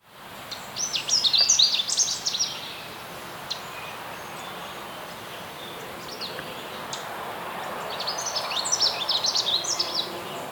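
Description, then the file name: Canada warbler song: two quick bursts of jumbled high chips and warbled notes, separated by a gap, over a steady background hiss. "Cardellina canadensis - Canada Warbler"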